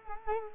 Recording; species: mosquito wingbeat signal from an infrared sensor; Culex quinquefasciatus